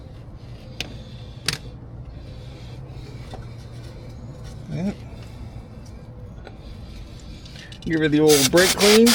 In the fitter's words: We'll double click it just to make sure.